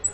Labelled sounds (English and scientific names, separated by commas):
Black-throated Green Warbler (Setophaga virens) flight call